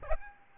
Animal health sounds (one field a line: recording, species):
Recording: mosquito wingbeat signal from an infrared sensor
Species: Aedes albopictus